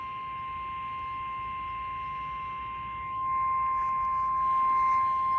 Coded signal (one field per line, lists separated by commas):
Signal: Emergency Alert System (SAME) tones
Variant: 1050 Hz attention tone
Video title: More River Flood Warnings EAS #35